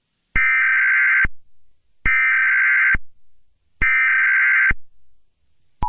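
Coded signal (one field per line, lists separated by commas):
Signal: Emergency Alert System (SAME) tones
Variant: header bursts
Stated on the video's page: Fictional EAS scenario, not a real alert.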